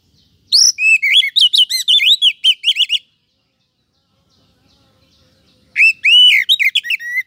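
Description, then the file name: Oriental magpie-robin delivering a fast series of clear whistles and twittered notes, falling silent for nearly three seconds before a second strong whistled phrase. "Suara Kacer"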